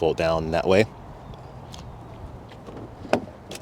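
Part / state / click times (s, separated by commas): folding rear seatback latching into its folded position / seated / 3.1 s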